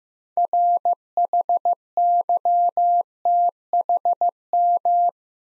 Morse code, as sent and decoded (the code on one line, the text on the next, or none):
.-. .... -.-- - .... --
RHYTHM